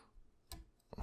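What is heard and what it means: A plastic transformation panel on the body of a Transformers War for Cybertron: Kingdom Golden Disk Collection Mutant Tigatron action figure is pushed in during transformation. Two small clicks are heard at 0.5 s and 0.9 s. The part is still not fully home because it keeps catching on another piece.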